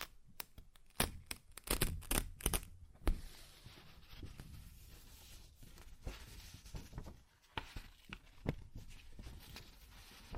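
Paper is ripped and torn, with a burst of sharp, crackling tears in the first three seconds, then a softer, steadier rustle and scrape. Several more sharp tearing snaps break through around seven to nine seconds before it quiets toward the end.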